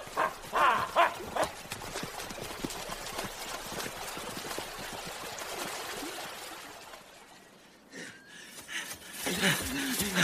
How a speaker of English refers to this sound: Chase the ponies into the water, quick! Right.